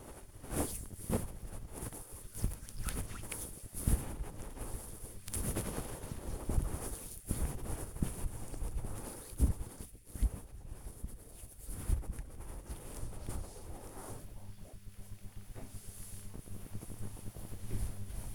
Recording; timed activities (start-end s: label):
household activities, microphone on the right wrist
0.00-13.10 s: disinfecting hands